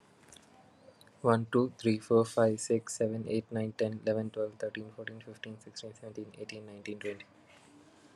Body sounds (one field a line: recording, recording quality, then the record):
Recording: counting at a fast pace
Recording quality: excellent, no background noise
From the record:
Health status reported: recovered from COVID-19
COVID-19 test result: negative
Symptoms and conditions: asthma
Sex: male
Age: 26 years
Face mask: not worn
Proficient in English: yes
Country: India